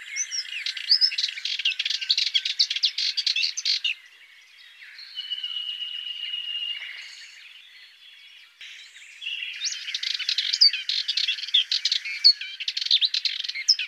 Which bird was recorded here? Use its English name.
Sardinian Warbler